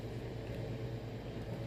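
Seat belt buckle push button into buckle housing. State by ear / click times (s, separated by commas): not seated / none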